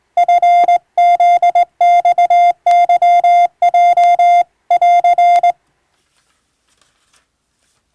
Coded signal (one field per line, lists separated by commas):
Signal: Morse code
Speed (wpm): 18 wpm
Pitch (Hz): 700 Hz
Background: none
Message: FZXYJ<AR>